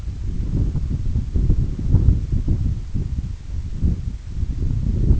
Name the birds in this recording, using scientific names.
none